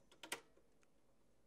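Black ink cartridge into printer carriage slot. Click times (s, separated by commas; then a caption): 0.2 s, 0.3 s. A black ink cartridge is pushed into the carriage slot of an HP Deskjet 1010 printer, installed the same way as the first cartridge. After a faint tick, two sharp plastic clicks sound at 0.2 and 0.3 seconds, and then it goes quiet. The cartridge snaps into place and is seated.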